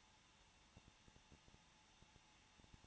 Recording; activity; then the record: daily activity, microphone in the room; no activity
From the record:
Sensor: 1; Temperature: 20.0 degrees Celsius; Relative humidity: 39.4%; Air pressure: 1006.4 hPa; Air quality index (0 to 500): 219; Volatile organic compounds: 83 ppm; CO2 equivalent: 3629 ppm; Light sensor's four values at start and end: 1/2/1/1 and 1/2/1/1